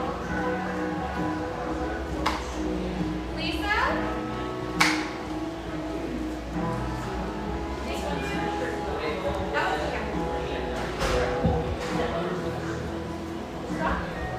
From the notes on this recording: industrial-aesthetic cafe in Portland's pictureesque Grant Park neighborhood